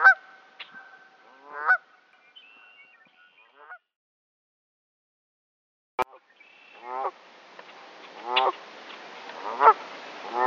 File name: Canada Goose